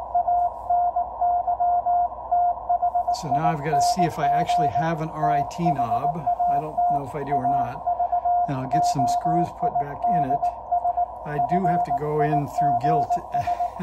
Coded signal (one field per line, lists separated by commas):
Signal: Morse code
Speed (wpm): 19 wpm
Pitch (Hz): 710 Hz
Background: speech, radio noise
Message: ANYTHING THAT AVOIDS FIGS